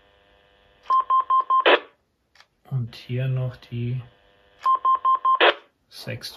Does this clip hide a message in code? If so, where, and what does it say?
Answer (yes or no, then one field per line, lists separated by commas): no